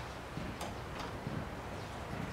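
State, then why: Not seated. A rubber impact strip is being handled and pressed onto the metal front bumper of a VW, with its mounting hook not yet snapped in. Soft scuffs, rubs and faint taps sit over a steady background hiss. Nothing has seated or clicked yet.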